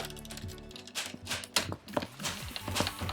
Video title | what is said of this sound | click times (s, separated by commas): LFC#92 - Another HP 15-r Hinge Fix | and then this front bezel is just going to click into place | 1.6 s, 2.0 s, 2.6 s